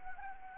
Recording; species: mosquito wingbeat signal from an infrared sensor; Anopheles arabiensis